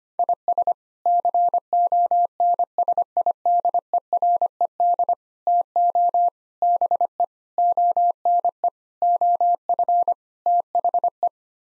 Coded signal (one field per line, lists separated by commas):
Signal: Morse code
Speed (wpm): 25 wpm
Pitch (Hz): 700 Hz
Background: none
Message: IS CONSIDERED TO BE ONE OF THE